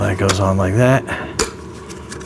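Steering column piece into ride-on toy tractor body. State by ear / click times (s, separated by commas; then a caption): seated / 1.4 s. Someone talks as a plastic steering column piece is pushed onto its mount on a blue and red JCB ride-on toy tractor excavator. A sharp click comes at 1.4 s as the piece snaps into place, and it is then pulled on to check that it is locked.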